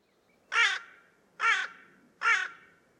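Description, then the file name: Carrion crow giving three loud, raspy caws in quick succession, evenly spaced under a second apart. "Corvus corone"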